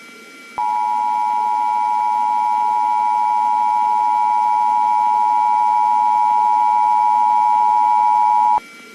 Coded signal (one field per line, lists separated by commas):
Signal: Emergency Alert System (SAME) tones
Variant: 853 and 960 Hz attention tone